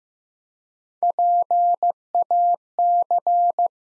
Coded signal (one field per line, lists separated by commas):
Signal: Morse code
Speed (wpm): 15 wpm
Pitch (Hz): 700 Hz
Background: none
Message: PAC